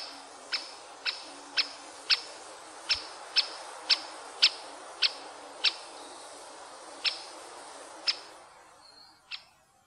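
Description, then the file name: Great spotted woodpecker giving sharp, high, clicking 'kik' calls, repeated roughly twice a second with a few irregular gaps, over a faint background hiss. "flaggspett"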